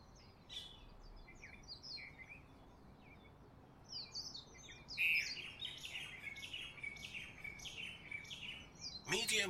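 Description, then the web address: Bird chorus: scattered high chirps build into dense overlapping twittering, ending with a sharp click-like burst. Recorded in Honolulu in the morning. "lynne-publishing Honolulu Morning Bird"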